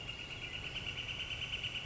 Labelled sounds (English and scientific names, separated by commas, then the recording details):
Northern Flicker (Colaptes auratus)
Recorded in Sonoma County, California